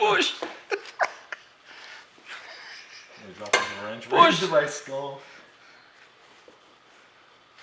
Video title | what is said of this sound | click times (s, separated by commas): Teraflex 1.5” Spacer Leveling Kit Install | That ain't clicking. | none